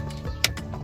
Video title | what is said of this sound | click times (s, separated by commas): HOW TO REPLACE THE TURN SIGNAL RELAY? #corolla9thgen | there you go it clicks into place and there it is | 0.4 s